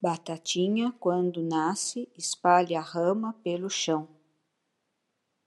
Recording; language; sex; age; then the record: short text; Brazilian Portuguese; female; 60 to 69 years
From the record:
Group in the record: control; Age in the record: 68 years